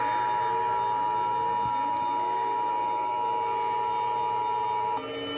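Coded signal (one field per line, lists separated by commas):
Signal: Emergency Alert System (SAME) tones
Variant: 853 and 960 Hz attention tone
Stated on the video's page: Fictional alert scenario.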